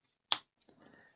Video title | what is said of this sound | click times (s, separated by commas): Building the Legendary U-96 U-Boat: Stages 101-104 - Hachette Partworks ⚓️🚢 | And that snaps into place just like that. | 0.3 s